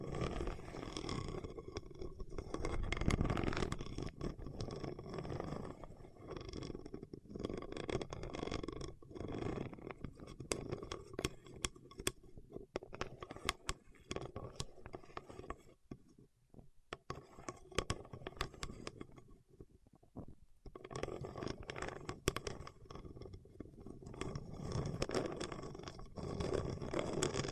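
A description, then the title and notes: Fingertips rub and press on wax, making a dense run of sticky scrapes, crackles and small clicks. The texture is busiest at the start and end and thins out into sparse, quieter touches between about 15 and 21 seconds. ASMR with Wax Fingertips for Sleep (No Talking).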